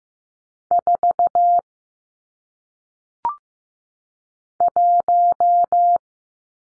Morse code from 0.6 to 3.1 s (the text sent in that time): 4